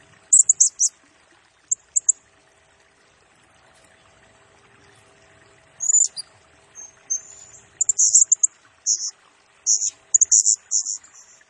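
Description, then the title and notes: Blue-crowned hanging parrot: a few shrill high chirps, then several seconds of near silence, followed by a lively run of squeaky buzzing notes. Serindit lure and tutoring song used to train and attract birds, in the vigorous gacor, rapid-fire nembak singing style, said to stir up all birds. "Burung Serindit Nembak Gacor Bikin Emosi Semua Burung. Suara Nasteran Dan Pemikat Burung Serinditan Gacor"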